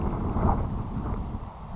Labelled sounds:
Grasshopper Sparrow
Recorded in Sonoma County, California

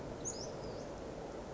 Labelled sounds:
Western Flycatcher
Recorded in Sonoma County, California

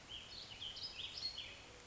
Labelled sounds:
Warbling Vireo
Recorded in Sonoma County, California

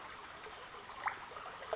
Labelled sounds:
Western Flycatcher
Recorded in Sonoma County, California

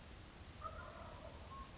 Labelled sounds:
Wild Turkey
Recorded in Sonoma County, California

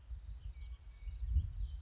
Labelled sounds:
California Towhee
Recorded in Sonoma County, California

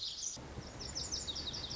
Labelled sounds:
Lazuli Bunting
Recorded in Sonoma County, California

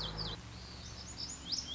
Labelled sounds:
Lazuli Bunting
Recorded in Sonoma County, California

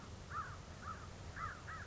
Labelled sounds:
American Crow
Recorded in Sonoma County, California

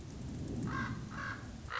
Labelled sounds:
Common Raven
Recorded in Sonoma County, California

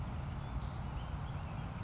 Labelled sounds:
California Towhee
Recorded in Sonoma County, California

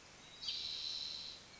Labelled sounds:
Spotted Towhee
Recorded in Sonoma County, California

